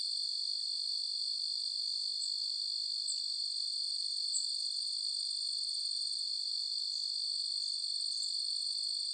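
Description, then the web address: Crickets in a continuous high trilling chorus, with a few brief, sharp, higher chirps standing out now and then above the steady insect shimmer. Forest nature ambience with crickets and other insects. "SFXBible ambience-nature-forest-birds-crickets-insects"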